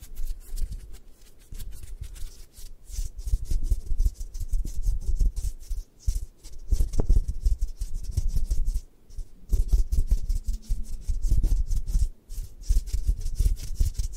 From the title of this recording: 3D Eye Massage, Tapping, Scratching